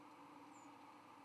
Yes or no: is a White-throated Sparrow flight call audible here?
no